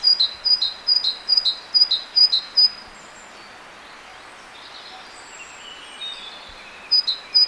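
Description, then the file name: Great tit giving rhythmic paired notes, high then lower, in a brisk series before a long gap with faint chirps, then starting again. "Parus major"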